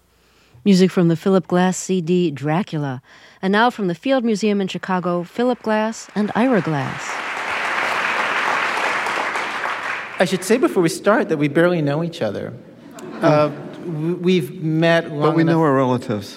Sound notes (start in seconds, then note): 7.3 applause; 12.8 laughter